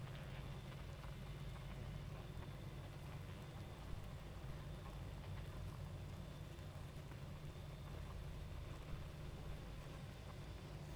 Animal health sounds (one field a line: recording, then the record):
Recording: honeybee colony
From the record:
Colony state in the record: active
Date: 28 July 2017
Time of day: 23:01